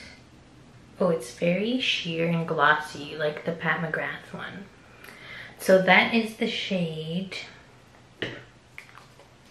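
Someone talks while handling a lipstick refill bullet and its plastic case, getting ready to push the refill deeper because it was not in deep enough. A few brief sharp handling sounds come near the end, around 8.2 s and 8.8 s. The refill has not clicked home into the case yet.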